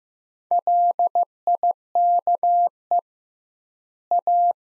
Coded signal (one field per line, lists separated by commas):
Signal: Morse code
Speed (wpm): 15 wpm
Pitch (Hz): 700 Hz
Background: none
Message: LIKE A